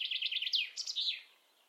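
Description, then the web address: Common chaffinch song fragment: a quick trill of high repeated notes, then a short sliding flourish that fades out. "Deverinetal"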